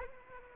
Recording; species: mosquito wingbeat signal from an infrared sensor; Aedes aegypti